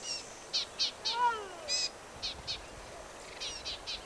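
Black-capped vireo song of short, sharp high notes in small runs, with a lower descending sound near the middle.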